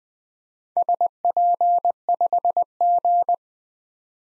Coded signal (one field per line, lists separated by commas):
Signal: Morse code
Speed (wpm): 20 wpm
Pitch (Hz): 700 Hz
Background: none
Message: SP5G